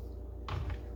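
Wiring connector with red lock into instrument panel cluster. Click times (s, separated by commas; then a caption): 0.5 s. A wiring connector for a Corvette C8 instrument cluster is pushed into its blue slot with the lever held back, and its red lock is clicked home. A sharp click at 0.5 s is followed by a softer tap at 0.7 s over a steady low hum. The connector seats and locks in.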